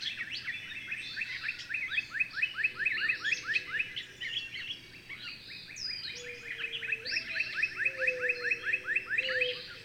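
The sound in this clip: Bird giving dense, rapid strings of rising notes with scattered higher notes and low drawn-out whistles in the second half.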